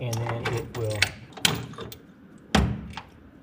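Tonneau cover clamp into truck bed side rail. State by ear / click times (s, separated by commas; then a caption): seated / 1.4 s, 2.6 s. Someone talks while pushing a metal mounting clamp for a BAKFlip MX4 hard-folding tonneau cover up into the aluminum side rail of a 2024 GMC Sierra 1500 truck bed. Two sharp, loud hits ring out at about 1.5 s and 2.6 s, with fainter taps around them, and it is unclear which hit is the snap. The clamp snaps into the rail and is seated.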